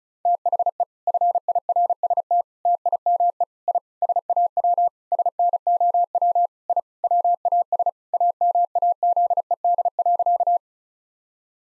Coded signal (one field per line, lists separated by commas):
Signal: Morse code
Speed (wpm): 36 wpm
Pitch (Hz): 700 Hz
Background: none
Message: THE FIRST TIME I SAW SNOW I WAS AMAZED.